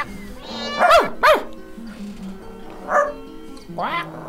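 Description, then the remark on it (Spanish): Dogs bark in short, sharp bursts: two quick barks close together, then two more spaced out after a pause, with a low murmur of voices running underneath. “¡Mira, los chocos!”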